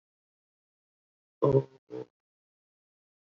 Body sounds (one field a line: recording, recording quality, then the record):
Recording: sustained vowel as in boot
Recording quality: moderate, slight background noise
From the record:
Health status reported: COVID-19 positive, mild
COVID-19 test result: positive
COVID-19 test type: RT-PCR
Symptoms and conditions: cough, breathing difficulty, fatigue, diabetes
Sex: male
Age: 55 years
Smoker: no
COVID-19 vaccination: both doses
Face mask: worn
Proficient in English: yes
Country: India